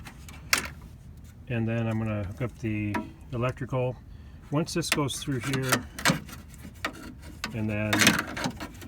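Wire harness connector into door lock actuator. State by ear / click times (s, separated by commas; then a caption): not seated / none. Someone talks while handling a plastic wire harness connector with a red locking tab, getting it ready to plug into the door lock actuator of a 2006 Ford Fusion door latch assembly during replacement. Brief sharp handling ticks are heard around 0.5 s and 6.9 s. The connector has not seated or clicked in yet.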